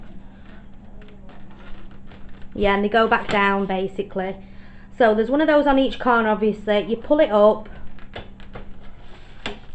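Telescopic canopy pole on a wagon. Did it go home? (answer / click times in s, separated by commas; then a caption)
yes / 9.5 s. A telescopic canopy pole on a wagon is pulled up until it clicks into place and locks, seating with a sharp click at 9.5 s. Someone talks over quieter handling taps before the click.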